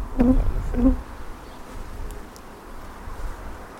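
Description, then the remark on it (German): Honeybees buzz around a caged queen: two short, low, droning bursts at the start, then a faint, steady hum of insect activity under a soft background hiss. “Bei der rausgefischten Königin in dem Behältnis, da tummeln sich jetzt ganz viele Bienen dran herum.”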